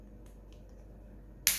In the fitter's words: Here we go. Hear the click.